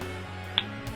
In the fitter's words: and similarly when you open it there's a very positive click into place